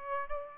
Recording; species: mosquito wingbeat signal from an infrared sensor; Aedes aegypti